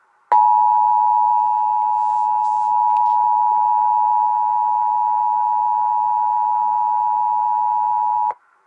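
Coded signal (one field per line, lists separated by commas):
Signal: Emergency Alert System (SAME) tones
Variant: 853 and 960 Hz attention tone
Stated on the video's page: Michigan AMBER Alert received on a TV station's digital broadcast.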